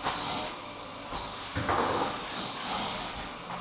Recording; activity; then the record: daily activity, microphone in the room; vacuum cleaning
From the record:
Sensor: 1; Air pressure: 995.3 hPa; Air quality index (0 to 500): 25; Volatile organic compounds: 1 ppm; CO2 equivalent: 508 ppm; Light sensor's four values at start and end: 17/57/21/23 and 17/56/21/22